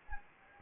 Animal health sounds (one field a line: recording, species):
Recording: mosquito wingbeat signal from an infrared sensor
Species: Anopheles gambiae